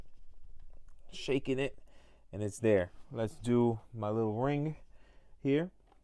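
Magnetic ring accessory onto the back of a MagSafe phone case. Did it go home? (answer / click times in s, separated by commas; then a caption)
no / none. Someone talks while handling a magnetic MagSafe ring accessory, bringing it toward the back of a plastic Catalyst Influence MagSafe phone case for an iPhone. Only speech and faint handling noise are heard. The ring has not snapped onto the case yet, so nothing has seated or clicked in this clip.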